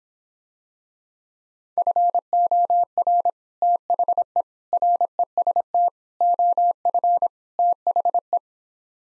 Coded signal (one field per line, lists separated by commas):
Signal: Morse code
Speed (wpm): 26 wpm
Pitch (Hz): 700 Hz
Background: none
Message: FOR THE REST OF THE